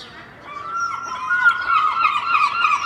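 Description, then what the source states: Gull wailing, one long loud tonal cry that swells and wavers for about two seconds, rich in harmonics, over soft background noise. Early morning, Filey, April 2023; recorded from a second-storey window with Clippy microphones and a Roland R-07.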